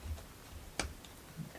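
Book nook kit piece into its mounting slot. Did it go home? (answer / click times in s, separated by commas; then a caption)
yes / 0.8 s. A small part of a book nook miniature kit is pressed into its mounting slot under considerable pressure. It snaps into place with a single sharp, bright click at 0.8 s, followed by a faint tick and low handling noise. The part is seated.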